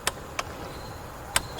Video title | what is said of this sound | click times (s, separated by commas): Valve Cover Gasket Replacement On an AUDI Q7 3.0L ( Part 2 ) Oil Leak Under the Engine | so right there torque wrench clicked so this is torqued | 1.4 s